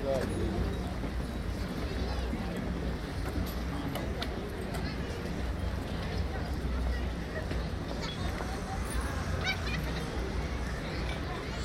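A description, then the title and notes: Busy outdoor café terraces on a city square, with a steady, dense murmur of many overlapping voices. A low hum runs underneath throughout, and a few brief clinks and sharper sounds break through now and then, especially near the end. Café-terrassen op de de Grote Markt in Den Haag. General atmosphere. Café terraces at the Grote Markt in The Hague.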